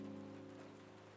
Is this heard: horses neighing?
no